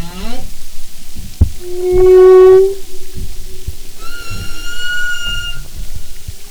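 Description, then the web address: Humpback whale song: a short upsweep, a buzzy mid-pitched held note, then a higher whistled tone, with knocks between. "Marine Mammals humpback"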